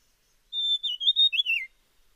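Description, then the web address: Dusky fulvetta call: a steady thin whistle breaking into several quick warbled notes, then a falling slur, all within about a second and a quarter. "Dusky fulvetta. صدای-پرنده-چغک-چینی-تیره"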